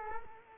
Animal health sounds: mosquito wingbeat signal from an infrared sensor; Culex quinquefasciatus

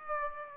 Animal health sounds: mosquito wingbeat signal from an infrared sensor; Aedes aegypti

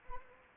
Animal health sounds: mosquito wingbeat signal from an infrared sensor; Anopheles arabiensis

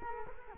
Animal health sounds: mosquito wingbeat signal from an infrared sensor; Culex quinquefasciatus

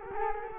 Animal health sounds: mosquito wingbeat signal from an infrared sensor; Culex quinquefasciatus

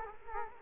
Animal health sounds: mosquito wingbeat signal from an infrared sensor; Culex quinquefasciatus

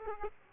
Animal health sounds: mosquito wingbeat signal from an infrared sensor; Aedes aegypti

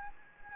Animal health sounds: mosquito wingbeat signal from an infrared sensor; Anopheles gambiae

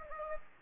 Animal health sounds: mosquito wingbeat signal from an infrared sensor; Anopheles gambiae

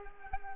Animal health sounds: mosquito wingbeat signal from an infrared sensor; Culex quinquefasciatus

